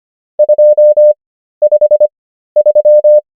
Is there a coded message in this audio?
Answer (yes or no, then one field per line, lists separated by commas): yes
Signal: Morse code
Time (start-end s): 0.4-3.2 s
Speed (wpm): 25 wpm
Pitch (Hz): 600 Hz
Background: none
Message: 253